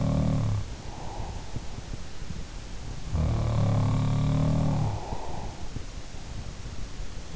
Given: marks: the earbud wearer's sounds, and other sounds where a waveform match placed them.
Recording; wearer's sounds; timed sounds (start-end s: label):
sounds in sleep by an in-ear microphone; breath
0.00-0.91 s: sound from someone else or the room
0.57-1.54 s: breath
2.87-5.79 s: sound from someone else or the room
4.61-5.79 s: breath